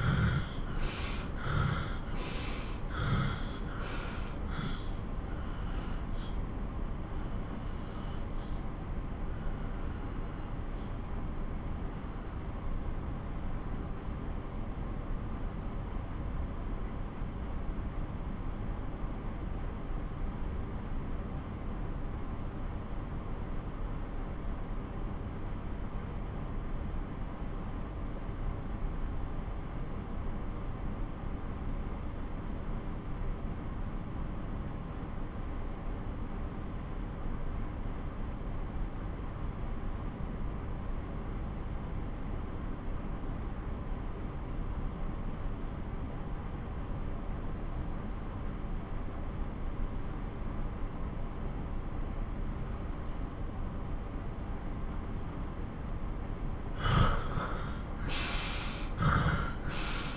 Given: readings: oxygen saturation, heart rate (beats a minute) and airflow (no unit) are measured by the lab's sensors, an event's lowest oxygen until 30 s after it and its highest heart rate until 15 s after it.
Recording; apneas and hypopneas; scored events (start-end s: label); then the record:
breathing in sleep by a smartphone at the bedside; 1
4.00-53.80 s: obstructive apnea (N1, oxygen 95% highest, then 82% lowest)
5.00-60.17 s: new sleep stage, N2 (light sleep)
From the record:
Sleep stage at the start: N1 (lightest sleep); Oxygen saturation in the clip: 79 to 95%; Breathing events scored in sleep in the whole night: 217 in 6.3 hours asleep